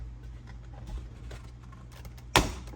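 A plastic pry tool works a plastic interior trim piece near the mirror area, clipped into the car headliner/mirror housing, with faint scraping and handling noise over a low steady hum. At 2.4 s a sharp, loud click rings out as a retaining clip pops open and that side of the trim comes off, released and not broken.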